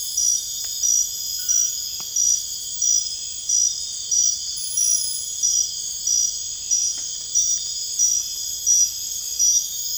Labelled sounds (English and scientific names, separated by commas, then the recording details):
none
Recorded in dense forest near Puerto Asís, Putumayo, Colombia, on 22 December 2024 at 00:00
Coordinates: 0.484, -76.325
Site G056